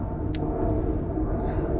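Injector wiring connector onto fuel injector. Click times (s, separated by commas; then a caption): 0.3 s. An electrical wiring connector is pushed back onto a fuel injector on a Honda or Acura V6 engine, giving a single sharp, bright click at 0.4 s over a steady low rumble. The connector seats on the injector.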